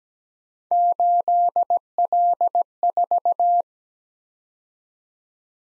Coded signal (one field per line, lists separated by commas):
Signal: Morse code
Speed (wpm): 17 wpm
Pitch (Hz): 700 Hz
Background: none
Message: 8L4